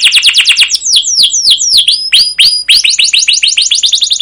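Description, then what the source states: Canary song: a fast rolling trill of sharply falling notes, then several slower, longer slurred notes before another quick trill. Masteran training recording: long, rolling (ngerol), chattering "cuit cuit" canary song in gacor style, used as a lure to stimulate other canaries to sing.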